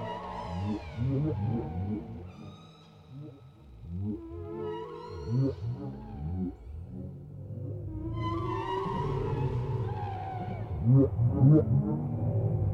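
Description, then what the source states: Whale song of repeated low grunting pulses and rising moans, with higher harmonic wails breaking in between. Whale sounds without music, for sleep.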